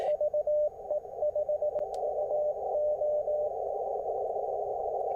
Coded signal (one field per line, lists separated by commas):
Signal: Morse code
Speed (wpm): 18 wpm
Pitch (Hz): 600 Hz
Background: radio noise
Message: VE5UO